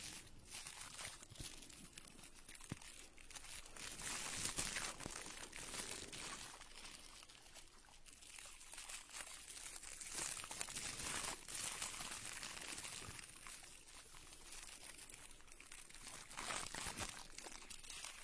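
Dry scratching and crinkling from ear picking. Dense rustling and scraping continue throughout, with sharp little clicks and crackles scattered every second or so and brighter, busier stretches around the middle and near the end.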